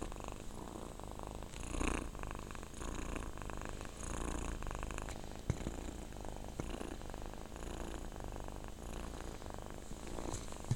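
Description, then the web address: Cat purr, steady low vibrating drone lasting throughout, with faint hiss and occasional small knocks. "katzen schnurr"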